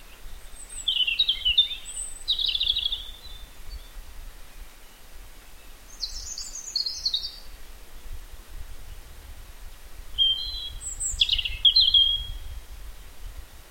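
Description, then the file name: European robin song, a series of varied high warbled and trilled phrases with short gaps, some notes sliding sharply; steady low rumble underneath. "Erithacus rubecula"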